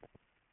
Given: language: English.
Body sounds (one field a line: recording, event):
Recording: throat vibration sensor signal played as sound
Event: swallow